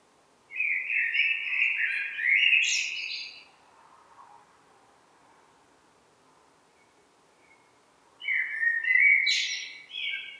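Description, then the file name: Common blackbird singing two rich, whistled phrases, each closing with a high scratchy twitter, with a long silent gap between them. "Turdus merula"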